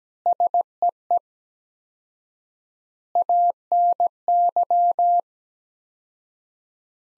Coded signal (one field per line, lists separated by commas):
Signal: Morse code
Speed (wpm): 17 wpm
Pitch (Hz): 700 Hz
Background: none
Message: SEE ANY